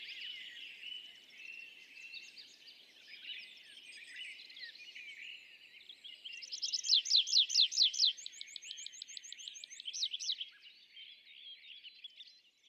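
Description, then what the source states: Tree pipit song: a phrase of repeated slurred notes followed by a thin, very high trill, set against a steady chorus of other birds. Display song from an isolated tree at a meadow's foot; sings perched, rises, parachutes down; days after spring migration arrival; La Sarcena, Val Drôme, France; 27 April 2020; Nagra Seven, MKH40.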